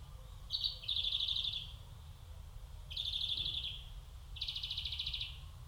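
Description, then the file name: European greenfinch giving three rapid buzzy trills, each under a second, with a short higher note before the first, over steady low background rumble. "Chloris chloris"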